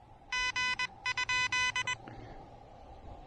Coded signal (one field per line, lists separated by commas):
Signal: Morse code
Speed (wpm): 20 wpm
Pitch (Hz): 1500 Hz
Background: music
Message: G?